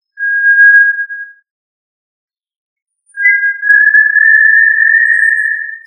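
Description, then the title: Tinamou whistled call: a pure, steady whistle held for about a second, then after a pause a longer level whistle lasting nearly three seconds, with no other sounds. "Familia Tinamidae - Quail - Puyuh"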